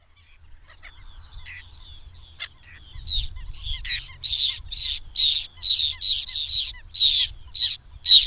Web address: Madardalok Cd 3. Fattyúszerkő